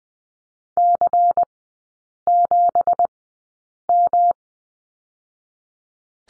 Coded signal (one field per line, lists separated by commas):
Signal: Morse code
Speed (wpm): 20 wpm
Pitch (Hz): 700 Hz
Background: none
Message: C7M